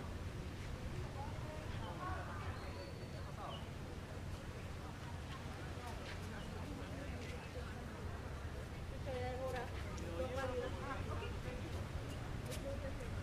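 People chat in a steady crowd murmur, overlapping voices rising and falling without pause. A constant low rumble runs underneath, the ocean waves in the back, and brief higher tones pop in around the middle and end, likely birds chirping.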